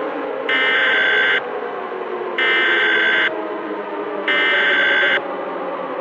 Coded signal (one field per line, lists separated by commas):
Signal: Emergency Alert System (SAME) tones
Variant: header bursts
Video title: All Falls Down | A Real-Time Nuclear Attack EAS Scenario